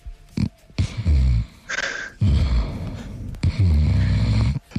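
Loud, deep rumbling snores in quick succession from a sleeping adult man, each a long rattling low-pitched breath, like a bear lying in a cave in a fairy-tale film.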